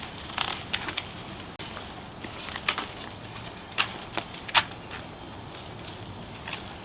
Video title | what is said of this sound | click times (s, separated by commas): HarritonCrewSetup.mov | so that locked in you heard a click | 2.7 s, 3.8 s